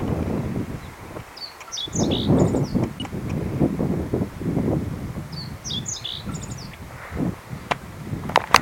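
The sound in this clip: Meadow bunting song: two short bursts of high, tinkling, quickly varied notes a few seconds apart, over steady low rumbling wind and rustling noise.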